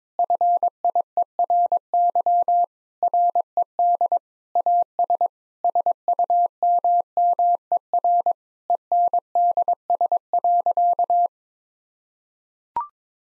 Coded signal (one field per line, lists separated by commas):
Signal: Morse code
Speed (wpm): 22 wpm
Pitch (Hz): 700 Hz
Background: none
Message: FIERY RED AS SUMMER ENDS.